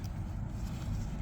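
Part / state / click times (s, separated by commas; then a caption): brake wear sensor connector into vehicle wiring socket / not seated / none. The plastic connector of a BMW 1 Series rear brake pad wear indicator wire is being pushed toward its wiring socket on the car during handling, with a steady low rumble and a faint brief tick near the start. Nothing has seated or clicked yet.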